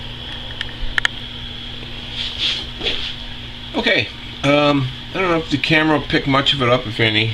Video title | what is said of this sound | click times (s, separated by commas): Ke Nu Japanese light tank | the engine has been popped into place and it looks a lot better now | 1.0 s, 1.1 s